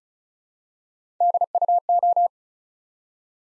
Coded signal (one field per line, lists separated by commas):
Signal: Morse code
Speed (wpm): 36 wpm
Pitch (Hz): 700 Hz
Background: none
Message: DUO